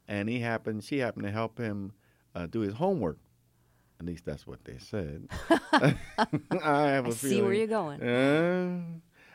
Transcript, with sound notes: And he happened - she happened to help him do his homework - at least that's what they said. I have a feeling...
(LAUGHTER) I see where you're going.